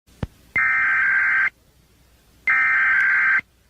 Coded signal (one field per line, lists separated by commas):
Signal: Emergency Alert System (SAME) tones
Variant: header bursts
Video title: Rosita valley disaster | EAS reconstruction